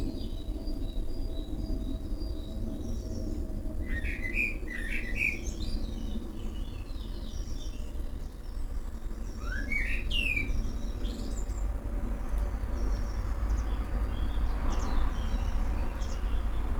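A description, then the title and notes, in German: Several birds call and chirp in a garden early in the morning, short bright phrases around four and ten seconds over a steady low traffic rumble. Frühmorgendliche Vogelkonversation. Morgends gegen halb sechs in meinem Garten unterhalten sich die verschiedensten Vogelarten lauter miteinander als die Marktschreier auf dem Hamburger Fischmarkt.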